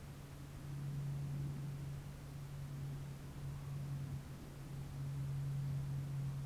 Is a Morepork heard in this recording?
no